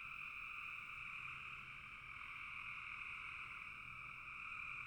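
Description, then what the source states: Frogs calling en masse, a thick, steady trilling drone that stays level from start to finish. Several frogs calling in a bog.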